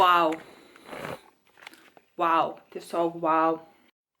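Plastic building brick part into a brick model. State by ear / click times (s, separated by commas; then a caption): not seated / none. A plastic LEGO brick part is handled over a brick model while someone talks, with a few soft small clicks and rustles between the words around 0.8–2.0 s. Nothing has seated or clicked into place yet.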